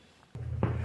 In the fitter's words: Now this guy drops and pops right in.